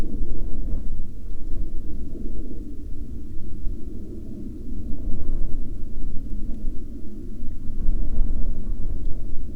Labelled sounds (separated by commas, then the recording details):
aircraft
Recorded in the Arctic National Wildlife Refuge, Alaska, on 30 May 2021 at 23:28
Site 33